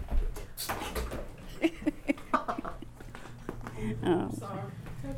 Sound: they laugh

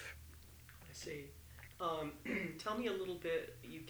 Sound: he clears his throat

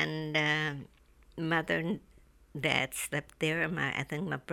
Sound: none

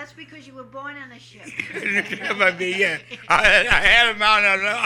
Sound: they laugh

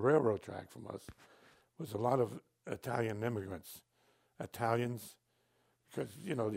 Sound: none

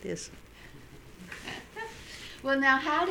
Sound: she laughs

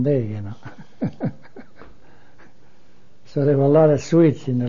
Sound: he laughs

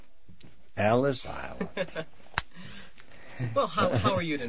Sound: laughs

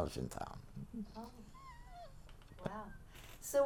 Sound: chuckles

